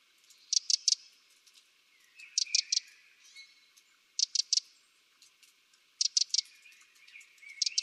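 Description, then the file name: Eurasian wren giving sharp, high tick-tick-tick triplets, about five bursts roughly every two seconds, with faint thin chirps in the gaps. "Troglodytes troglodytes"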